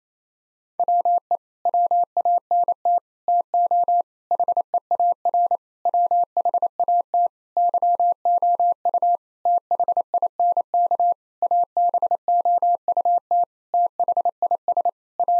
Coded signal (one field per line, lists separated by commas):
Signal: Morse code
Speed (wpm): 28 wpm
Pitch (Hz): 700 Hz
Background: none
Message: WE WANT TO HEAR WHAT YOU THINK ABOUT THIS A